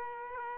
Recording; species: mosquito wingbeat signal from an infrared sensor; Aedes aegypti